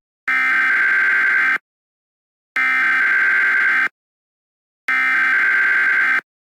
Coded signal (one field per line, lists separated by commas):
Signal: Emergency Alert System (SAME) tones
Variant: header bursts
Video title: The 2034 Columbus riots. EAS Scenario￼